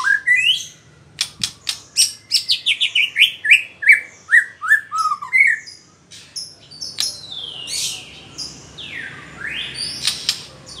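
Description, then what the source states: White-rumped shama song: a descending series of short whistled notes, then wide swooping sweeps rising and falling, with scattered sharp ticks. Female bird.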